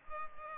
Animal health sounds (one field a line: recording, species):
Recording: mosquito wingbeat signal from an infrared sensor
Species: Culex pipiens